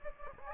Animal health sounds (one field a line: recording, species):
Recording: mosquito wingbeat signal from an infrared sensor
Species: Anopheles gambiae